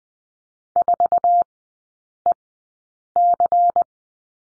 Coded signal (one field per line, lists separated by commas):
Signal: Morse code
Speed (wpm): 20 wpm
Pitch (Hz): 700 Hz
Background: none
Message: 4EC